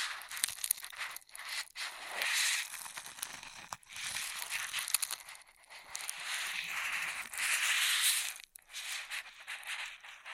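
Straws are handled in quick, dense bursts of crinkling and crackling, bright and papery with little low end. The rustling swells and fades in uneven waves, with several brief silent gaps, notably near two, four and eight and a half seconds.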